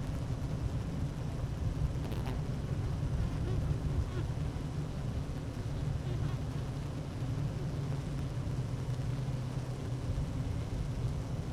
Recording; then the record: honeybee colony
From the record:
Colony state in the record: active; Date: 12 June 2018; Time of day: 11:53